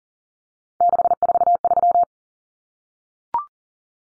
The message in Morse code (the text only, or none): 643